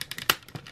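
A small plastic tab on a new Takara Encore Transformers Car Robots God Fire Convoy transforming robot figure is pushed into its slot, with a few light plastic taps at 0.0, 0.1 and 0.2 seconds. A sharp, bright click at 0.3 seconds marks the tab seating in place, and a softer low knock follows at about 0.6 seconds.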